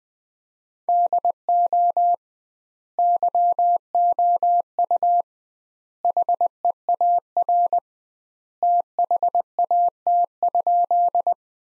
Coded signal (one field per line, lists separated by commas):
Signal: Morse code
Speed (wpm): 21 wpm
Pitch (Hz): 700 Hz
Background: none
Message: DO YOU HEAR THAT?